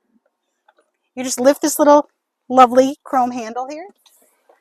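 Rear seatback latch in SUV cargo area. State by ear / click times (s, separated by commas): not seated / none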